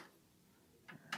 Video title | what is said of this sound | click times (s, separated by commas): Troubleshooting "POST" (Power-On Self-Test) | There we go, clicked. | 1.1 s